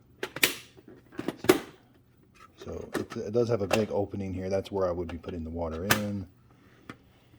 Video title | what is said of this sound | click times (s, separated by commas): Walmart Great Value Water Filter Pitcher 10 Cup UNBOXING REVIEW SETUP HOW TO CHANGE FILTER & USE | and it does snap on there pretty good i did hear it snap when i put it on | 0.4 s